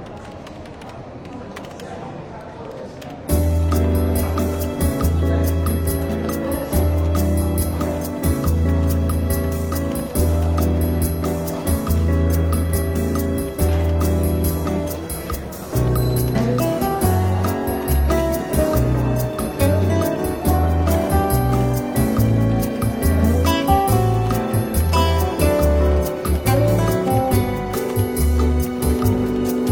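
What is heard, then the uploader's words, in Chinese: Soft jazz plays over a London bookshop café's light chatter, the music starting after a quiet few seconds with a steady, pulsing low bass line. 伦敦书店咖啡馆轻微喧闹氛围与柔和轻松的爵士背景音乐。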